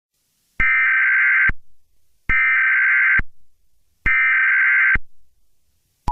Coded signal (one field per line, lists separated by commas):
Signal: Emergency Alert System (SAME) tones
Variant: header bursts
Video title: EAS Scenario #41: All Falls Down